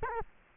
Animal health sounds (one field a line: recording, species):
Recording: mosquito wingbeat signal from an infrared sensor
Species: Culex quinquefasciatus